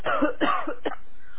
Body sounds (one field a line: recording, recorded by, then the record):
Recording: voluntary cough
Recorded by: telephone call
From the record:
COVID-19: positive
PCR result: self-reported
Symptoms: no